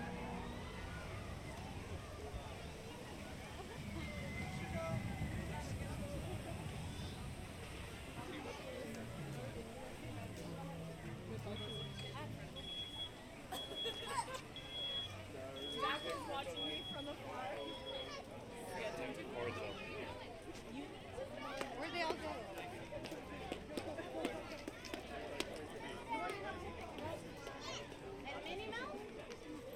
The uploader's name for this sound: Mickey's Toon Town, Disneyland Binaural Recording